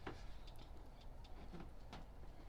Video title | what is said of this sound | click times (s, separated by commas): How to Install Custom Headlights into a Evo X/ Ralliart/ Lancer | There you go. You heard that final clip. That's what we were looking for right there. | 1.9 s